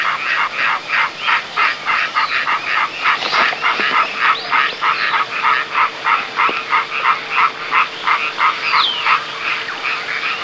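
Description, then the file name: Frogs croaking in rapid, regular pulses, about three per second, forming a steady rasping chorus, with a faint steady hum joining after a few seconds. "kaeru"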